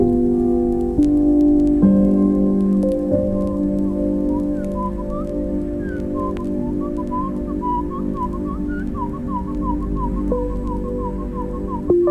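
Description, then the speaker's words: Winter Wren song, slowed down: a long rapid run of short, warbled notes that flicker up and down at mid pitch, over steady low humming tones. Song played back slowed to quarter speed, pitch lowered two octaves. "Now, the song of the winter wren reduced to 1/4 speed, with the pitch 2 octaves lower."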